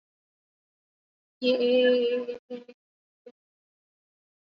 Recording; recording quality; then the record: sustained vowel as in made; excellent, no background noise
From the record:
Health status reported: COVID-19 positive, moderate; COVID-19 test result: positive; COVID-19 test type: RT-PCR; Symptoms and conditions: cough, fever, fatigue, muscle pain, loss of smell and taste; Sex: female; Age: 34 years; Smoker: no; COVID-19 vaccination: both doses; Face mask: worn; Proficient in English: yes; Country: India